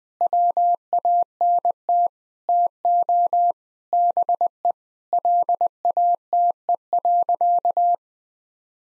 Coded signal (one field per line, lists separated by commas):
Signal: Morse code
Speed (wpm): 20 wpm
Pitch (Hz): 700 Hz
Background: none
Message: WANT TO BE LATE.